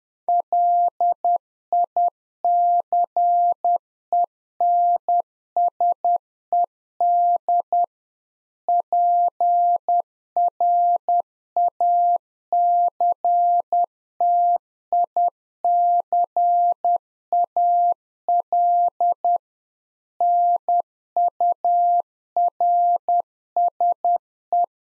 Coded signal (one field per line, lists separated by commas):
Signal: Morse code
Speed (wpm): 10 wpm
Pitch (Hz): 700 Hz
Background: none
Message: LICENSED PRACTICAL NURSE